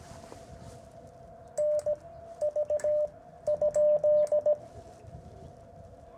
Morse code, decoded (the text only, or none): NV?